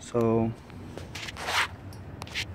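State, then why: Seated. A plastic trim piece is pushed into the clips on a truck body, a Ford F-150, during a light bar install. Someone talks briefly at the start, then there are some soft scraping and rubbing sounds, and a sharp snap at 2.2 s as the clips seat and the trim goes back to its original position.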